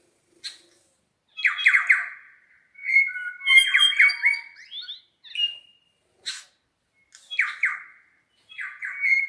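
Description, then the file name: New Zealand bellbird song: clear, bell-like whistled phrases with buzzy edges, given in bursts of about a second, separated by short gaps, several phrases in succession. Several birds singing in the Craigieburn Range, New Zealand. "New Zealand Bellbirds (Anthornis melanura) singing in Craigieburn Range"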